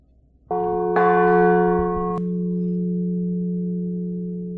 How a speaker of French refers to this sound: on entend la note sol, alors que si on cherche le partiel tout seul avec le diapason, on entend un si bémol, mais que l'on peut entendre quand la cloche sonne en soliste, quand on fait un petit peu attention à la sonnerie.